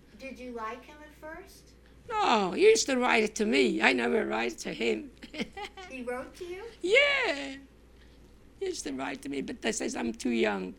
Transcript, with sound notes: Did you like him at first?
No. He used to write to me. I never write to him. ( she laughs )
He wrote to you?
Yeah. He used to write to me, but I says, "I'm too young."